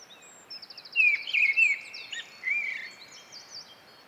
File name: British Library - Mistle Thrush Turdus viscivorus